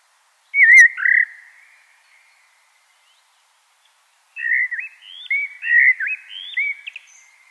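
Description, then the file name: Common blackbird singing a brief fluted phrase, then after a pause a longer sequence of looping, slurred whistles. "Turdus merula"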